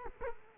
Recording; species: mosquito wingbeat signal from an infrared sensor; Culex quinquefasciatus